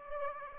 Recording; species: mosquito wingbeat signal from an infrared sensor; Aedes aegypti